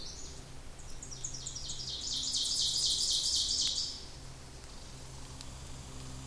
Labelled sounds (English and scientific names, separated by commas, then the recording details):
Ovenbird (Seiurus aurocapilla) song
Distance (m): 30 m
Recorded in boreal forest in Alberta, Canada, on 26 May 2016 at 08:27
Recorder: SongMeter 3, array SBT-3-15
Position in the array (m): 36 m, 247 m
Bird 20